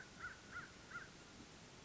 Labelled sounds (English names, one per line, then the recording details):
American Crow
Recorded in Sonoma County, California